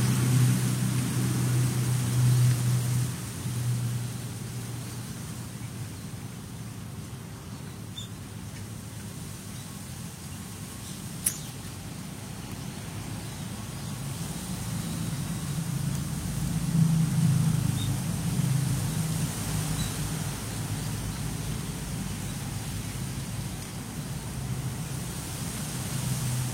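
Wind blows among fallen leaves, mostly a low, buffeting rumble that swells at the start, eases through the middle, and builds again from about fifteen seconds. A faint hiss sits above it throughout, with one sharp tick near eleven seconds.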